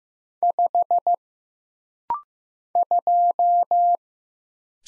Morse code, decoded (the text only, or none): 5 2